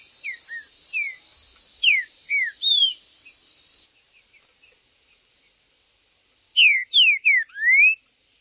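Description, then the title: Green-winged saltator song: softer slurred whistles first, then after a pause a loud phrase of three falling whistles and a rising final note. Trinca-ferro chirping, singing and macheando (territorial male calling) in a contest; video intended to stir up and provoke a listening trinca-ferro. "Esse É PERFEITO Para ESQUENTAR Seu TRINCA Piando, Cantando E Macheando Na DISPUTA. O MELHOR VÍDEO de TRINCA FERRO que VOCÊ VERÁ em 2025! Cantando e MACHEANDO!!"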